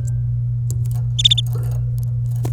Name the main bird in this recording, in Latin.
Serinus canaria